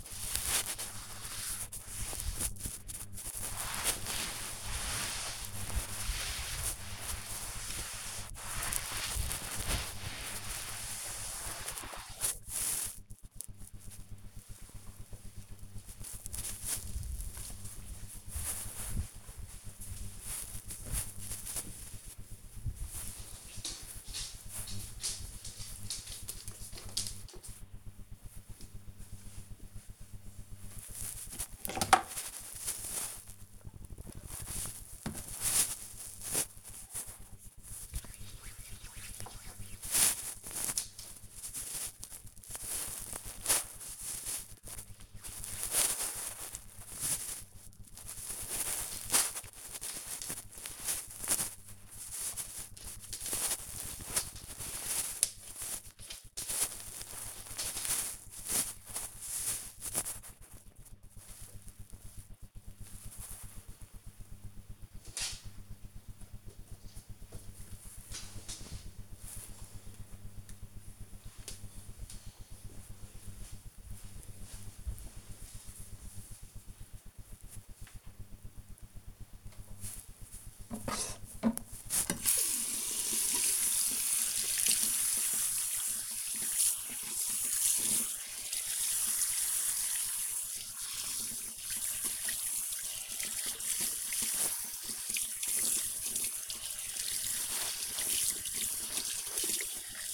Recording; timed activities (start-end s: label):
household activities, microphone on the right wrist
0.00-12.56 s: cleaning table
30.68-60.94 s: cream hands
79.08-100.14 s: washing hands